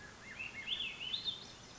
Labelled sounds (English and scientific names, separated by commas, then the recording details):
Swainson's Thrush (Catharus ustulatus)
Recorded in Sonoma County, California